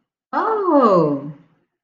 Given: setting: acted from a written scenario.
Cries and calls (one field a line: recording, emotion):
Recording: vocal sound without words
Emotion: pride